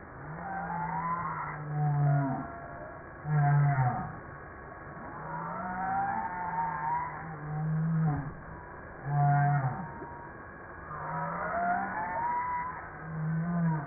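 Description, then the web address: Humpback whale song of deep, droning low moans repeated every few seconds, overlaid by fainter higher chirps and upsweeping cries. Recorded 5 March 1994. "PMahe Voile'Ocean 940305 HUMPBACK"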